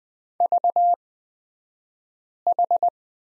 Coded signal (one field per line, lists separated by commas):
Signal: Morse code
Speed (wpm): 20 wpm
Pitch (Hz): 700 Hz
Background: none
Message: VH